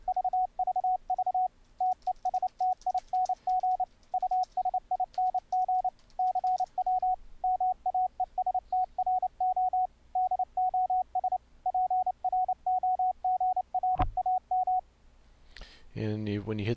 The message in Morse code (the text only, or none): VVV TESTING USING CW MAESTRO DOS PROGRAM